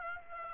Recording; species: mosquito wingbeat signal from an infrared sensor; Aedes aegypti